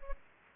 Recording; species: mosquito wingbeat signal from an infrared sensor; Aedes aegypti